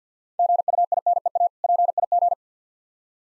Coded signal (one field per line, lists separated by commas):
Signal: Morse code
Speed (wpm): 50 wpm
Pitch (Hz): 700 Hz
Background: none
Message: GUINEA PIG